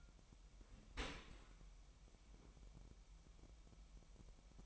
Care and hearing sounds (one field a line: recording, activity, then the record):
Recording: daily activity, microphone in the room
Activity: open dishwasher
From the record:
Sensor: 1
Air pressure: 998.2 hPa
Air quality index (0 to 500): 139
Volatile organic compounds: 4 ppm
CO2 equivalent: 1664 ppm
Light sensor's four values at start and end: 16/54/21/22 and 16/54/22/22